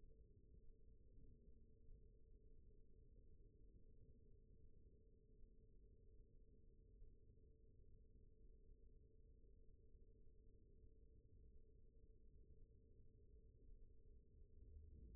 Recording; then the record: forearm muscle sounds (acoustic myography)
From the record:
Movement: rest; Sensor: system 1, eight BSWA MPA416 microphones around the upper forearm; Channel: 2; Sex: male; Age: 20 years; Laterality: left